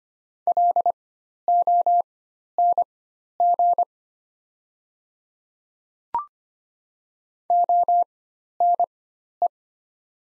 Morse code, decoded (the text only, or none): LONG ONE